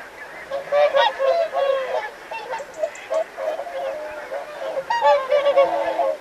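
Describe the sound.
Whooper swans calling in a busy flock, short brassy honks tumbling over one another in quick, irregular succession.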